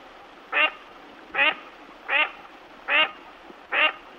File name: Anas crecca